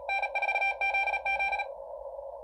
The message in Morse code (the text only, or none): N4ZZ